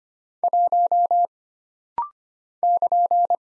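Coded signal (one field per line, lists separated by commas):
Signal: Morse code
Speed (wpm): 25 wpm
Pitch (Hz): 700 Hz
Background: none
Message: 1 <KN>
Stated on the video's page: Computer-generated Morse at 25 wpm for rapid-fire single-character recognition drill: letters, numbers, punctuation and prosigns, each character sent twice.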